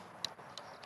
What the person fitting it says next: snaps into place